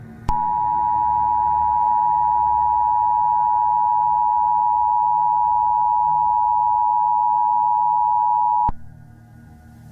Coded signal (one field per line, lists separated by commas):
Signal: Emergency Alert System (SAME) tones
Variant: 853 and 960 Hz attention tone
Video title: EAS scenario:skynet AI (analog horror) an shout out to equillibriumfilms because this is his vid￼